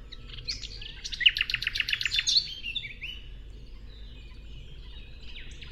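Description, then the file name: Common nightingale song: a fast rattling trill of sharp repeated notes, then quieter drawn-out whistles. "Luscinia megarhynchos"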